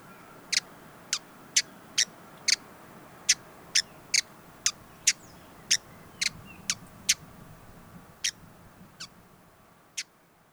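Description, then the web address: Hooded visorbearer: a steady series of sharp, high, dry chips, thinning out and fading near the end. "sound Hooded-visorbearer دانلود-صدای-پرنده-آفتابگیر-کلاهدار"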